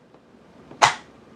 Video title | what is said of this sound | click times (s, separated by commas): The Ultimate Tactical Knife? : Can It Handle Anything? | I want to show you how good it clicks in this is it sliding loose and you can hear this click | 0.1 s, 0.7 s